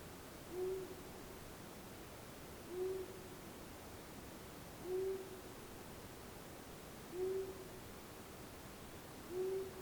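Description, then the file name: Long-eared owl calling with deep, muted hoots spaced about two and a quarter seconds apart, five in a row, with steady low noise behind. "Asio Otus"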